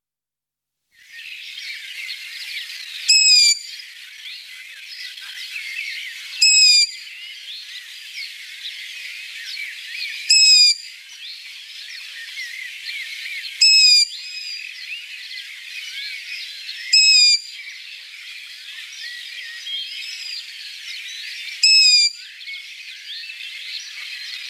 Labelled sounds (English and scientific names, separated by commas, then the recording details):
Long-eared Owl (Asio otus) song
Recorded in the wild
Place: NSG Taubergießen / Reg.-Präs. Freiburg im Breisgau, Baden-Württemberg, DE
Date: 1975-05-18
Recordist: Schwarz, Dieter
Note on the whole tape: Song